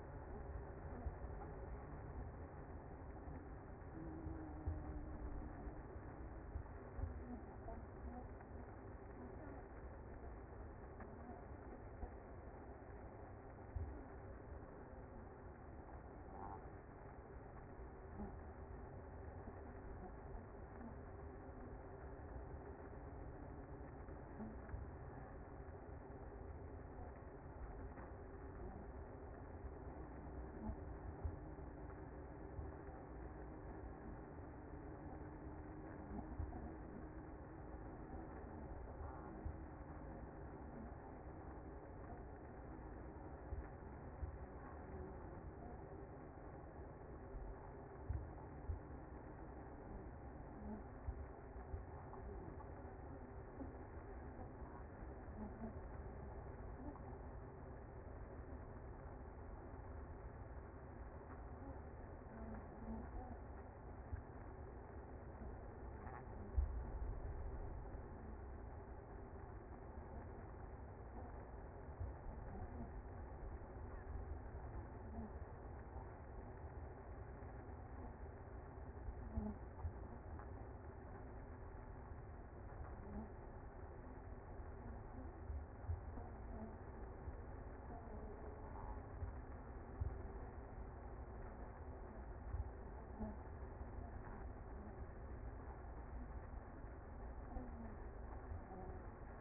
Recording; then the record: honeybee colony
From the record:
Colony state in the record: active